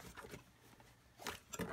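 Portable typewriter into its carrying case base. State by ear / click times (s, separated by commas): not seated / none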